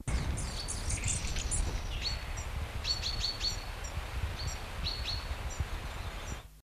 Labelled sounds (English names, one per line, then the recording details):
Common Chaffinch call
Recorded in captivity
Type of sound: call
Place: Wilseder Berg, Wilsede, Niedersachsen, DE
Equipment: Halbspur, 9,5 cm/s
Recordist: Lütgens, Hans
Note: Kopula